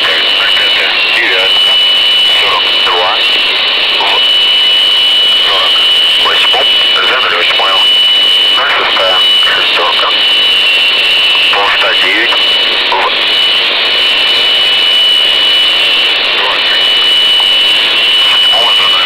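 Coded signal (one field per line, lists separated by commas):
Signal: numbers station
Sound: faint voice reading short words through heavy static, with a steady high whistle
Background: radio static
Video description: 4888 kHz Нумерная станция.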